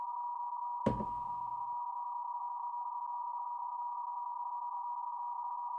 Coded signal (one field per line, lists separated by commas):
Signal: PSK31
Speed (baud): 31.25 baud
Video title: PSK31 Set up / Working stations on The FTDX10